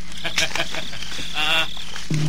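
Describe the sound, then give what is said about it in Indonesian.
Two night birds call from a bush in a few short, nasal, honk-like bursts, then a longer buzzing cry, ending on a low, steady hooting tone. “Dua ekor burung yang tengah bermesraan di semak ini.”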